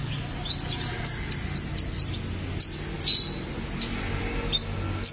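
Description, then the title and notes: Atlantic canary song, a quick series of high upswept whistled notes in short bursts, with a low steady hum underneath. "BM Suara Burung Kenari"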